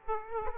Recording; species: mosquito wingbeat signal from an infrared sensor; Aedes aegypti